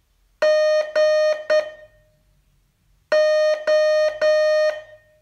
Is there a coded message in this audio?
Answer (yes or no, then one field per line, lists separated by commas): yes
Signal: Morse code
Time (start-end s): 0.4-4.7 s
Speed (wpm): 10 wpm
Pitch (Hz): 610 Hz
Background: none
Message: G O